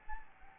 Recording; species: mosquito wingbeat signal from an infrared sensor; Anopheles gambiae